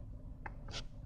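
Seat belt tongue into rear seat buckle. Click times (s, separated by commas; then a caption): 0.5 s. In a 2012 Toyota Yaris, the metal seat belt tongue is pushed into the second-row outboard seat buckle. It clicks sharply at 0.5 s, followed by a brief higher-pitched rustle around 0.8 s. The belt is engaged as a full chest and lap belt.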